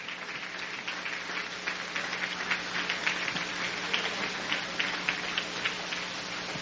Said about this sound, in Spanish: Dale ese aplauso al Rey.